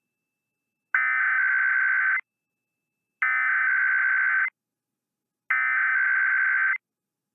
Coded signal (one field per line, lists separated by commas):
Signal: Emergency Alert System (SAME) tones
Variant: header bursts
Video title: President Day Tests and Stuff (EAS #24820-24823) 2/17/25